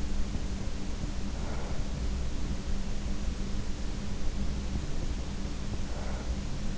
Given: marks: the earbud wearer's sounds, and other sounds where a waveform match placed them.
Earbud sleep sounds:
sounds in sleep by an in-ear microphone; breath
0.94-2.49 s: breath
5.75-6.78 s: breath

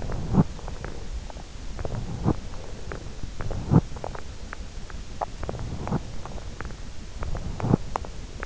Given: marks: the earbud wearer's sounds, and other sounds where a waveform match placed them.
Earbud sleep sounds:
sounds in sleep by an in-ear microphone; teeth grinding, breath
0.00-0.74 s: teeth grinding
0.67-1.12 s: breath
1.91-2.62 s: teeth grinding
2.47-3.21 s: breath
3.36-4.13 s: teeth grinding
5.27-6.20 s: teeth grinding
7.37-8.12 s: teeth grinding

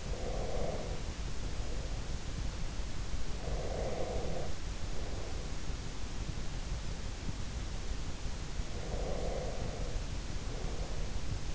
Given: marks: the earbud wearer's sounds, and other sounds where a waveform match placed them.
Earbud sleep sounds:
sounds in sleep by an in-ear microphone; breath
0.00-2.40 s: breath
3.18-5.64 s: breath
8.70-11.55 s: breath

